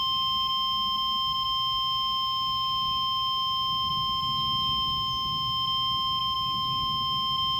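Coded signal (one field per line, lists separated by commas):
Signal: Emergency Alert System (SAME) tones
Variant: 1050 Hz attention tone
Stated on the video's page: Kentucky statewide tornado drill EAS activation for preparedness week, heard from an EAS speaker, with no siren activation.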